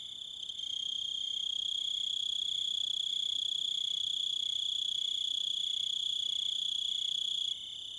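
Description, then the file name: Cricket chirping: a bright, sustained high trill pulsing rapidly and evenly, starting softly and ending with a sudden drop. Several crickets. "Zvuki - Sverchki i volki"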